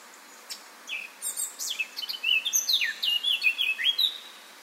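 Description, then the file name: Eurasian blackcap song: a quiet scratchy chattering start building into a loud run of clear, fluty whistled phrases that drop and rise, lasting about four seconds. "Sylvia atricapilla"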